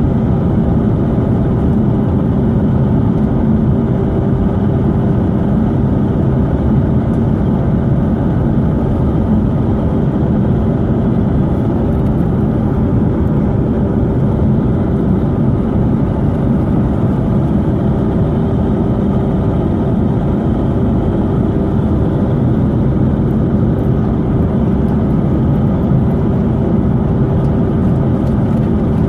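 A plane's engine drones steadily and low from start to finish, with a constant tone running through a dense rumble and faint crackles on top.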